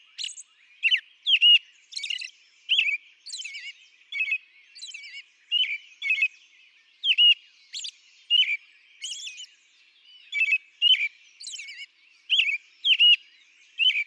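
American robin song, steady series of liquid whistled phrases, some with high thin squeaky notes above, continuing without a break.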